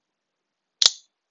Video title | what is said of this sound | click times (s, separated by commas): April 2, 2019 | it till you hear click or until you until you feel the spring and then it's | 0.9 s